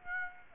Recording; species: mosquito wingbeat signal from an infrared sensor; Aedes aegypti